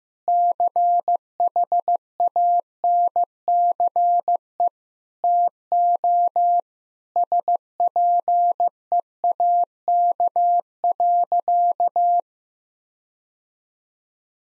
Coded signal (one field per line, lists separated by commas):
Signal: Morse code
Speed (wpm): 15 wpm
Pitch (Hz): 700 Hz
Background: none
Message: CHANCE TO SPEAK.